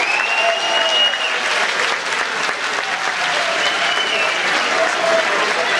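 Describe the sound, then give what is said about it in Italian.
Sustained crowd applause in Milan greeting the election projections showing Giuliano Pisapia's win, a dense steady wash of clapping at even loudness throughout, with faint cheering tones drifting through it and no clear speech. “Ma è bastato aspettare pochi minuti e liberatorio è scoppiato l'applauso che salutava un crescendo ma interrotto.”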